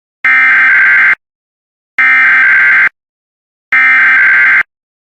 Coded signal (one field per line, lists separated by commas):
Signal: Emergency Alert System (SAME) tones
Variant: header bursts